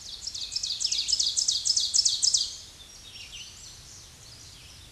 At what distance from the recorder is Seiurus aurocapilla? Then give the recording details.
about 5 m. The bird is about level with the microphone. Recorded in a Pennsylvania forest on 16 May 2024 at 07:51. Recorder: AudioMoth, point MSD-2376. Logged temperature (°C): 16.7 °C. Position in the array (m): 149 m, 2 m